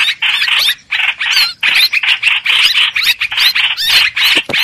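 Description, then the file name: Streak-eared bulbul distress calls: dense, harsh, scratchy chattering notes in rapid bursts with brief pauses. Distress call, given to call the flock. "Tieng chim trao trao keu cuu goi bay"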